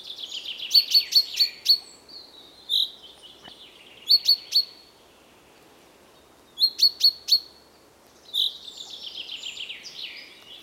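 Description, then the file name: Common chaffinch giving bursts of three or four sharp, high, ringing call notes, separated by descending trilled phrases at the start and near the end. "Fringilla coelebs"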